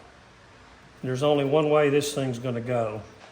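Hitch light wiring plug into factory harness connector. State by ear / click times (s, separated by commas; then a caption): not seated / none. A hitch light's wiring plug is handled at the factory wiring harness connector on a Jeep Gladiator while someone talks over a quiet background hum. Nothing has seated or clicked yet.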